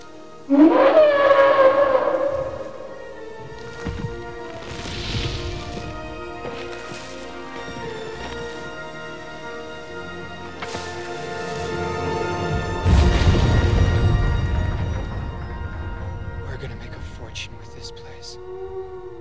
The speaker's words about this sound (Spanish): Pues yo aquí he escuchado una ballena, un perro acobardado y un elefante. ¿Y has tenido que escribirlo? Sí, porque no tengo memoria a corto plazo. He dormido muy pocas horas. Pues yo escucho un dinosaurio porque yo sigo y respeto la magia del cine